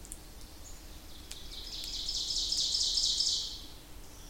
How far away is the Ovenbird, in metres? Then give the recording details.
about 35 m. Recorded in boreal forest in Alberta, Canada, on 26 May 2016 at 06:38. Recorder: SongMeter 3, array SBT-3-15. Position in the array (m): 47 m, 227 m. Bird 20